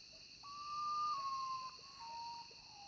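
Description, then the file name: Common potoo delivering one long, plaintive whistle that slowly slides downward in pitch. "URUTAU"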